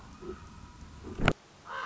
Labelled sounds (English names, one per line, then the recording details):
Common Raven
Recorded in Sonoma County, California